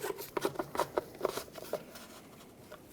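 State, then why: Seated. A plastic nut holding the center cap on a 2007–2014 Chevrolet Silverado 2500 HD truck wheel is tightened by hand, in a cross pattern, with the same socket used for the lug nuts, keeping it just snug because plastic nuts can strip. A quick run of sharp clicks and scrapes sounds from about 0.4 to 1.8 seconds, then fades to quiet. The nut clicks locked in place at 1.0 seconds, and the cap is seated.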